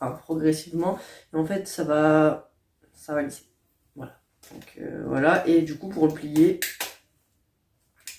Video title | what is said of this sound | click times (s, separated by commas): CRACH TEST DU SÈCHE CHEVEUX ACTION COSMOPOLITAIN | voilà il y a pas de boutons c'est juste qui se il se clipse il est plutôt mal le mien | 8.1 s